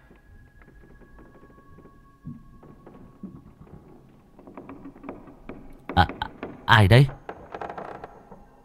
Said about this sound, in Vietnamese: Tôi mơ hồ còn nghe cả những tiếng kẽo kẹt tựa như là ai đang lay lay cái cửa liếp. Âm thanh cứ xoáy vào trong tai, mang theo một sự ghê rợn.